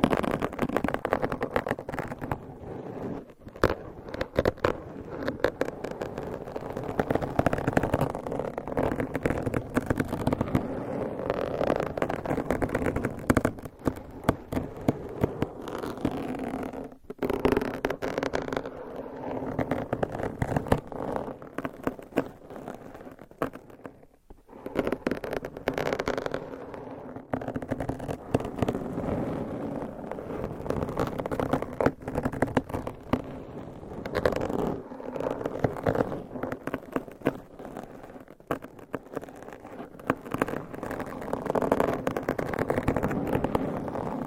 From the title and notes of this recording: Mic Scratching - Brain Scratching with XXL ULTRA LONG NAILS No Talking.